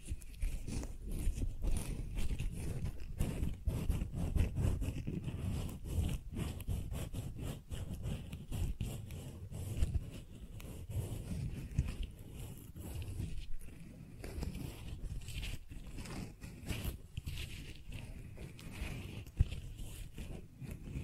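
Close, dense rustling and crinkling of flowers and stems being handled, with frequent soft crackles and brief sharper snaps throughout.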